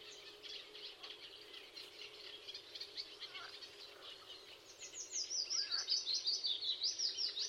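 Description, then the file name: Eurasian blackcap song: quiet twittering at first, then a louder run of fast, high warbled notes repeated rhythmically over the last few seconds. "Sylvia atricapilla"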